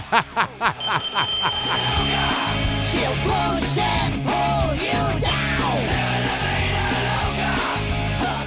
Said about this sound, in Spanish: ¡Ah, que pare el teléfono este ya! ¡Me cago en la leche!